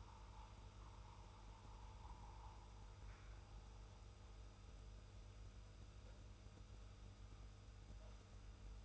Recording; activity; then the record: daily activity, microphone in the room; make coffee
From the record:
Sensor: 2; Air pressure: 990.7 hPa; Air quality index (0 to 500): 158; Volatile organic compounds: 603 ppm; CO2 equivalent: 4942 ppm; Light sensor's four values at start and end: 26/61/25/25 and 26/60/25/24